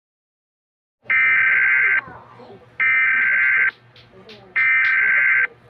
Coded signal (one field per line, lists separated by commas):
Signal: Emergency Alert System (SAME) tones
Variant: header bursts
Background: speech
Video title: EMERGENCY ALERT SYSTEM TV5